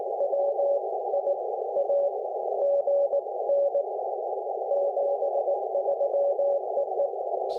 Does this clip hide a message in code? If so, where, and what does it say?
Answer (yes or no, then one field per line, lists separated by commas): yes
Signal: Morse code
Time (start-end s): 0.2-7.1 s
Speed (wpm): 19 wpm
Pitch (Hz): 560 Hz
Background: none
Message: W I A GN 73 EE